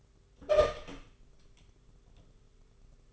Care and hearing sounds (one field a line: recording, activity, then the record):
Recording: daily activity, microphone in the room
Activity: open door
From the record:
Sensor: 4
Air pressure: 991.2 hPa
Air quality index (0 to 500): 133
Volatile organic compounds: 46 ppm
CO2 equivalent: 3245 ppm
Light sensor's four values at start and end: 9/22/8/9 and 14/36/14/15